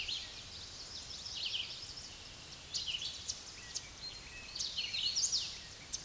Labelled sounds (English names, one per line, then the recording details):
Red-eyed Vireo song
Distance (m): 30 m
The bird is about 20 m above the microphone
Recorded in a Pennsylvania forest on 16 May 2024 at 06:34
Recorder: AudioMoth, point MSD-2208
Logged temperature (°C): 15.2 °C
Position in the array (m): 165 m, 72 m